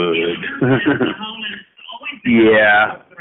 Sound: laugh